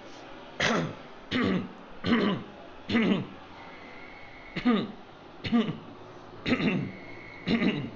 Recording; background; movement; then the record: throat clearing; traffic; walking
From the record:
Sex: male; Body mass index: 22.0 kg/m2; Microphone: on the chest, facing outward